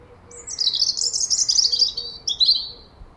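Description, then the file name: European robin song: a continuous rapid high twittering trill, then a short closing phrase. "Erithacus rubecula"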